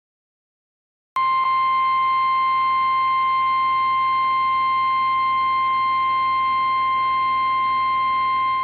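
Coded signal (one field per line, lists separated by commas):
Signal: Emergency Alert System (SAME) tones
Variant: 1050 Hz attention tone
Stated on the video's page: Tornado alerts carried by an AM broadcast station.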